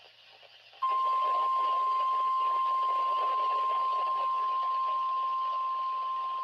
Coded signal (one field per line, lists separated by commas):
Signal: Emergency Alert System (SAME) tones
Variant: 1050 Hz attention tone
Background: speech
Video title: (EAS #2,125 - #2,146) THIS IS A PARTICULARLY DANGEROUS SITUATION II - EAS Alerts from 4/17/25